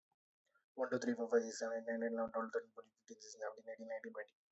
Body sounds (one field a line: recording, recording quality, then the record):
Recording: counting at a fast pace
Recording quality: excellent, no background noise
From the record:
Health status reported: healthy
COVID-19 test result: negative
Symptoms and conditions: none ticked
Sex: male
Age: 28 years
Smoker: not ticked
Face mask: not worn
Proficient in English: yes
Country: India